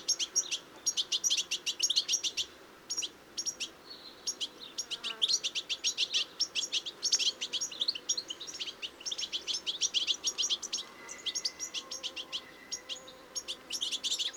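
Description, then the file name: European goldfinch liquid twitter, fast jangling chirps and trills in dense high phrases, with short gaps between bursts. "Carduelis carduelis"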